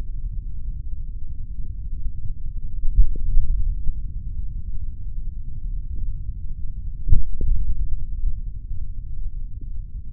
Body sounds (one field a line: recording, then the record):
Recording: forearm muscle sounds (acoustic myography)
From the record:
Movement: tripod grip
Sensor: system 3, bracelet of six PUI Audio POM-2738L microphones around the upper forearm, with dedicated amplification and filtering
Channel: 2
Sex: male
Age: 26 years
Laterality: right